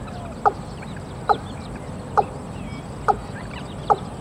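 Watercock uttering five hard, hollow notes, each about a second apart, with soft bird chatter in the background.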